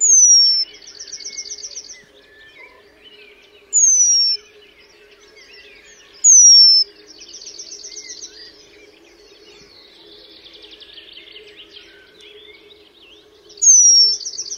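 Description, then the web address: Eurasian penduline tit calls: sharp, high falling whistles repeated every few seconds, some followed by fast buzzy trills, with a faint low hum throughout. "Ptaki Remiz"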